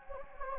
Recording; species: mosquito wingbeat signal from an infrared sensor; Anopheles gambiae